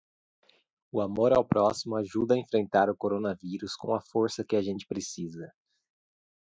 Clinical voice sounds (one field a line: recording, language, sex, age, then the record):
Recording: spoken sentence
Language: Brazilian Portuguese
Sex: male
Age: 30 to 39 years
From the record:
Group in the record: control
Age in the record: 34 years